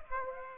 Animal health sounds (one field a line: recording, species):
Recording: mosquito wingbeat signal from an infrared sensor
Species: Aedes aegypti